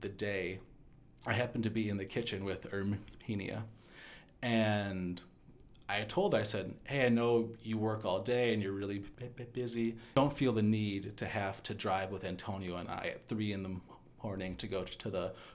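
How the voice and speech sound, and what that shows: Adult male speaker narrating a personal story, speaking with a bit of a stutter; sound repetitions occur, as on "b- b- busy", with pauses between phrases.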